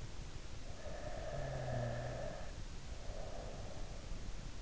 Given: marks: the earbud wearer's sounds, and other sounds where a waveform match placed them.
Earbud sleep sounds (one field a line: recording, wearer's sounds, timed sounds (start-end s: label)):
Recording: sounds in sleep by an in-ear microphone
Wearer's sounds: snoring breath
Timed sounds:
0.60-4.30 s: snoring breath